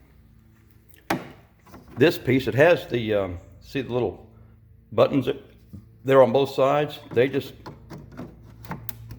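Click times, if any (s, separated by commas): 8.9 s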